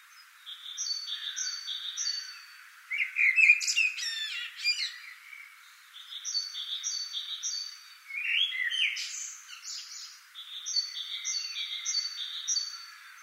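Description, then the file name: Common blackbird song: two fluty warbled phrases with scratchy high flourishes, and another bird repeating double whistled notes before, between and after them. "Turdus merula"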